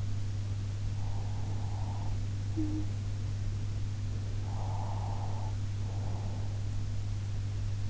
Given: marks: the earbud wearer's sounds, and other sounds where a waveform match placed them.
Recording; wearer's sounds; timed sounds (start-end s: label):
sounds in sleep by an in-ear microphone; breath, talking in sleep
1.09-2.14 s: breath
2.50-2.96 s: talking in sleep
4.50-6.59 s: breath